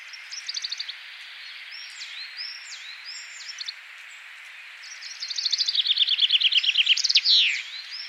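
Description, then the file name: Common chaffinch song: faint short phrases and chirps at first, then a loud rattling run of repeated notes finishing in a sharp flourish. "Fringilla coelebs"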